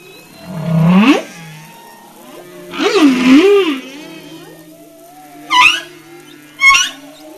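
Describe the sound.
Humpback whale song: two rising, wavering moans a couple of seconds apart, then two short, sharp upsweeping whoops, over a steady low hum.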